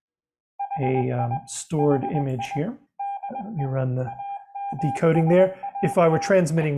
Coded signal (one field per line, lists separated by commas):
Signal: Morse code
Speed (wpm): 20 wpm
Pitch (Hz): 800 Hz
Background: speech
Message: HI HI DE AMSAT